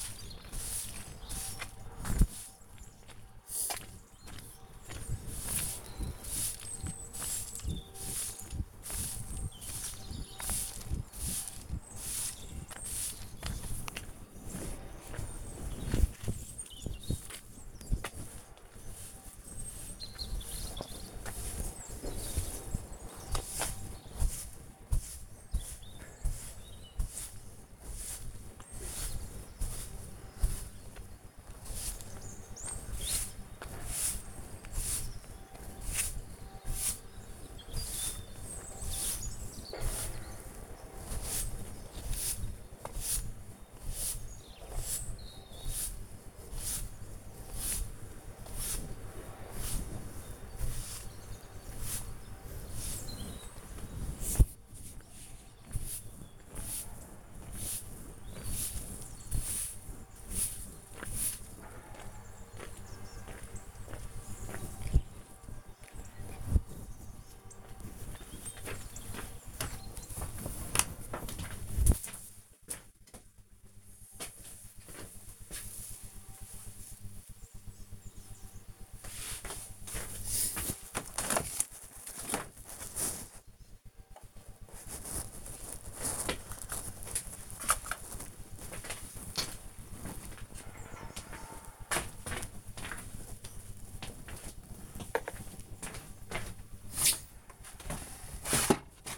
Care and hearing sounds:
household activities, microphone on the right wrist
0.00-97.90 s: sweeping the yard

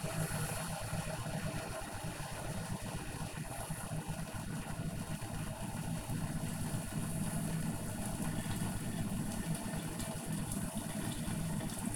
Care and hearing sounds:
household activities, microphone on the right wrist
0.00-11.96 s: making tea

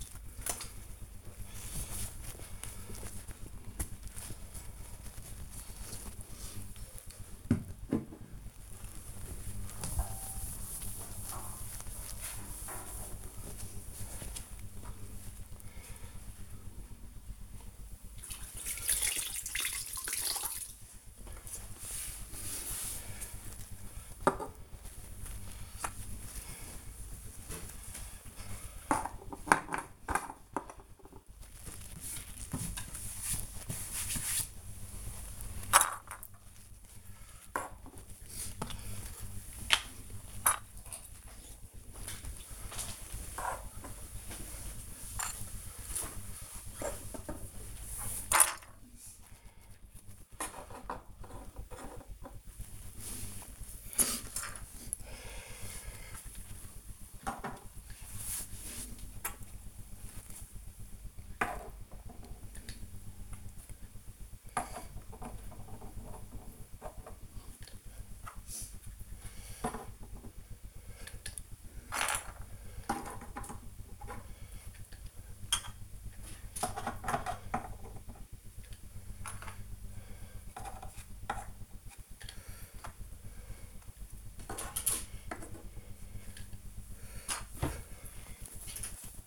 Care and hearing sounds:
household activities, microphone on the right wrist
0.00-89.27 s: cleaning the cupboard

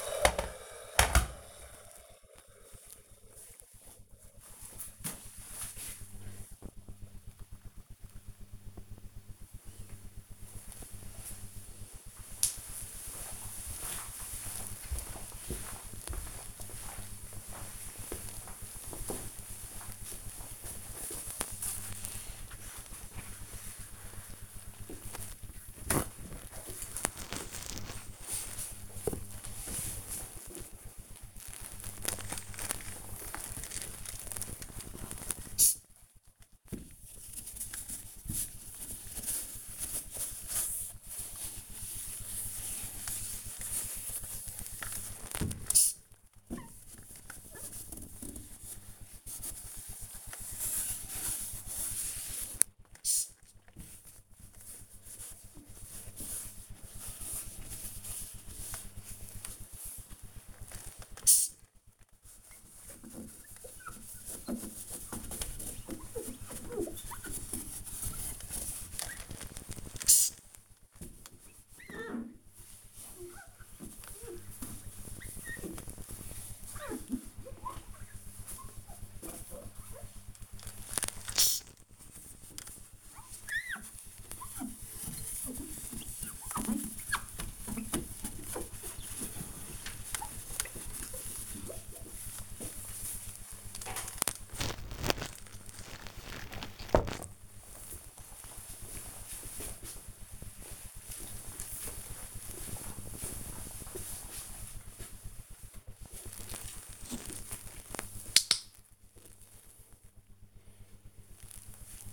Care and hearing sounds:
household activities, microphone on the right wrist
0.00-1.39 s: making tea
20.54-93.99 s: window cleaning
105.06-112.13 s: disinfecting hands

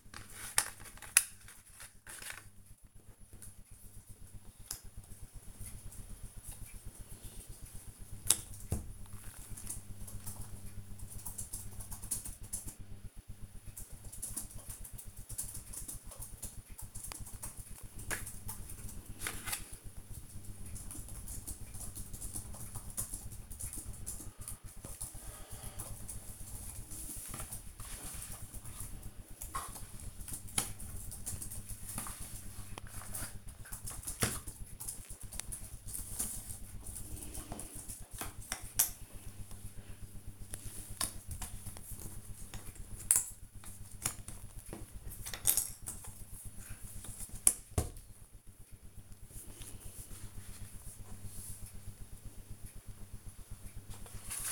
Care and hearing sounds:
household activities, microphone on the right wrist
0.00-54.52 s: doing a puzzle

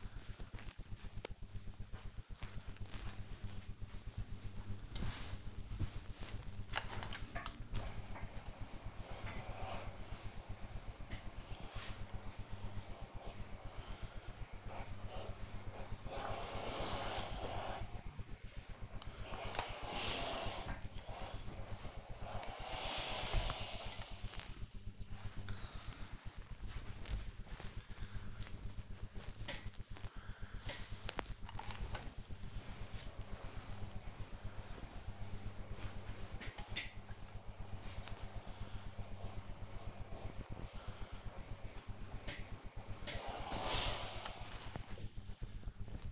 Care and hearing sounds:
household activities, microphone on the right wrist
0.00-46.12 s: ironing laundry

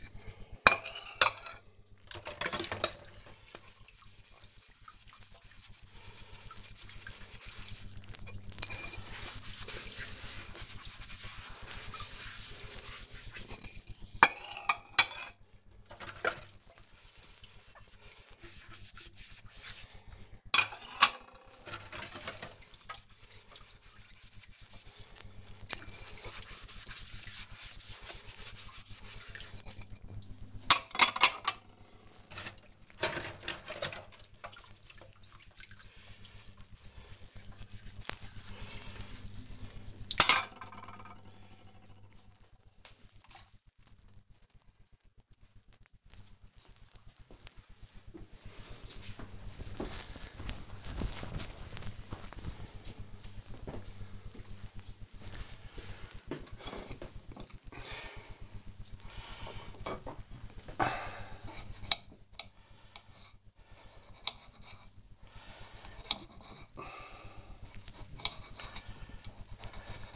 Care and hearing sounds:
household activities, microphone on the right wrist
0.00-42.45 s: washing dishes
55.53-70.16 s: cutting vegetables

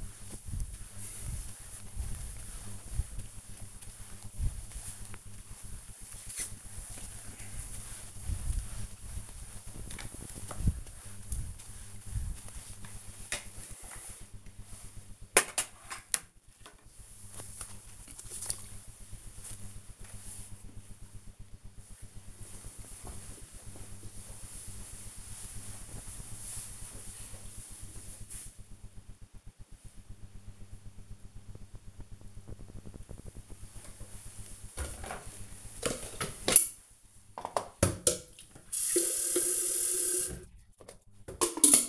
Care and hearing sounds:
household activities, microphone on the right wrist
0.00-18.51 s: floor cleaning
33.55-41.89 s: making tea

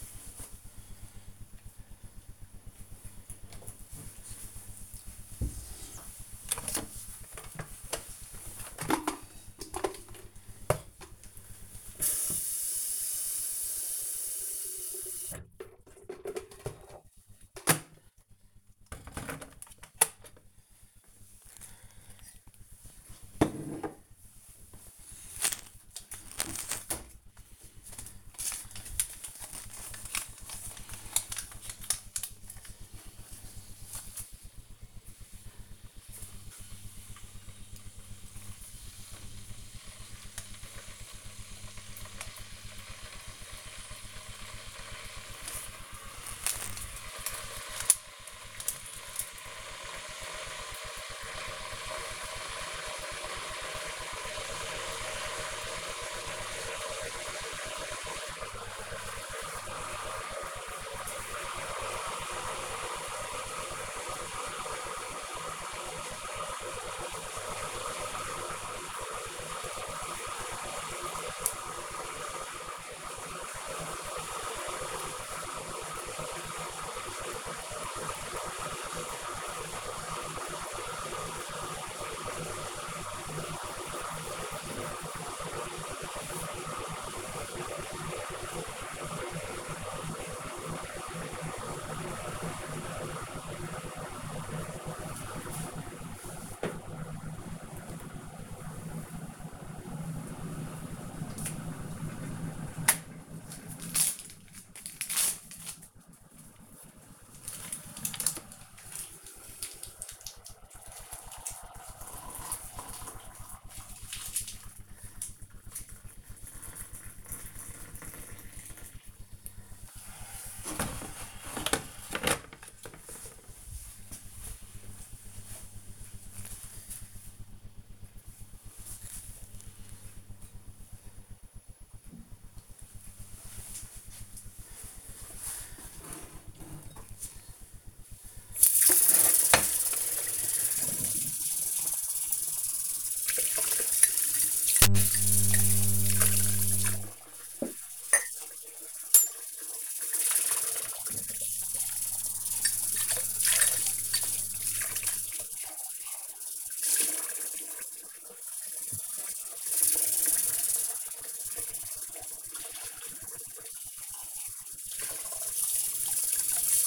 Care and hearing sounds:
household activities, microphone on the right wrist
3.22-122.11 s: making tea
136.22-166.87 s: washing dishes

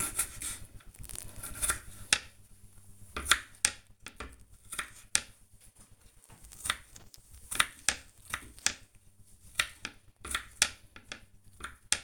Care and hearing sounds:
household activities, microphone on the right wrist
0.00-12.04 s: cutting vegetables

